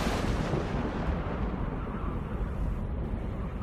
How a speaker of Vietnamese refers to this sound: Bất ngờ, trời nổi giông gió mù mịt, cuốn theo những chiếc lá và bụi đất thổi thốc lên, kèm theo những tia chớp từ trên trời đánh xuống. Tiếng sấm đì đùng, vang dội.